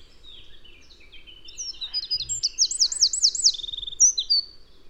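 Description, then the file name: Eurasian wren song, starting softly and building to fast, high trills and sharp twittering notes, with a light rumble of background noise. "Troglodytes troglodytes"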